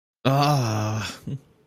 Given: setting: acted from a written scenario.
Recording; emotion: vocal sound without words; realization